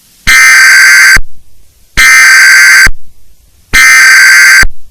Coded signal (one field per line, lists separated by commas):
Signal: Emergency Alert System (SAME) tones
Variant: header bursts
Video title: EAS Scenario: The Battle Royale of the Greek Gods